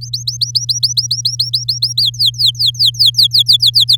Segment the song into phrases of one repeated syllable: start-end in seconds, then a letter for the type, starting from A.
0.01-2.02 A, 2.02-3.96 B